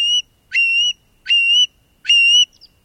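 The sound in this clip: Curlew whistled calls: four clear, steady high whistles in quick succession over a quiet background, the first cut off at the start, the others each with a sharp rising start.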